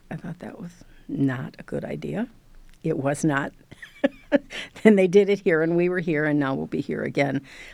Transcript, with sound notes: I thought that was not a good idea. It was [LAUGHTER] Then they did it here, and we were here, and now we'll be here again.